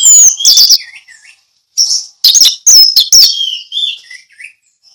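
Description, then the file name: Orange-headed thrush song: loud, slurred, descending whistles mixed with scratchy twitters, given in short varied bursts with brief pauses. Orange-headed thrush singing in the ngeplong song style. "anis merah ngeplong"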